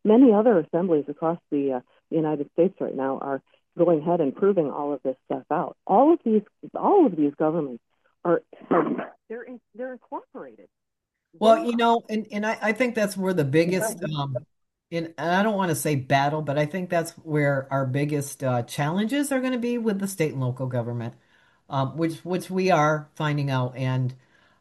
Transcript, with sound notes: Many other assemblies across the, uh, United States right now are going ahead and proving all of this stuff out. All of these- all of these governments are (voice cuts out) they're- they're incorporated.
Well, you know, and- and I- I think that's where the biggest, um-
It's incredible.
... and- and I don't want to say battle, but I think that's where our biggest, uh, challenges are going to be with the state and local government, uh, which- which we are finding out.